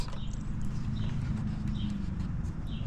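A wiring harness connector is handled at the housing of a Raptor-style tail light on a Ford Bronco, with a steady low rumble throughout and faint light ticks scattered over it. Nothing has seated or clicked yet.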